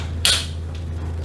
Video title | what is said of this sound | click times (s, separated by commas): Tokyo Marui AKM GBBR: Unboxing/1st Impressions | locked into place really positively | 0.2 s